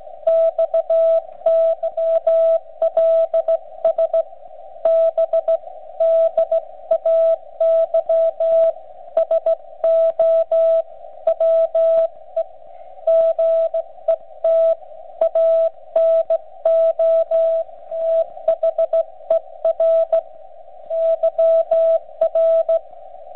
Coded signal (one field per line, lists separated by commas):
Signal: Morse code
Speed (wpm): 16 wpm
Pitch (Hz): 660 Hz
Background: radio noise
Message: XYLS B DAY SO WE GET ANOTHER YR